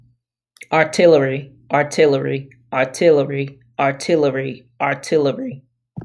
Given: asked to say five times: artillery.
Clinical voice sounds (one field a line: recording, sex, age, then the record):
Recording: repeated word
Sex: female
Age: 40 to 49 years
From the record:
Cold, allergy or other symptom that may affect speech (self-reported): no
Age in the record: 40 years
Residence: North Carolina, United States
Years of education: 15